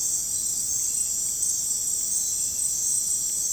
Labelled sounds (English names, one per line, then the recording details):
none
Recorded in dense forest near Puerto Asís, Putumayo, Colombia, on 29 June 2025 at 19:00
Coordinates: 0.503, -76.323
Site G059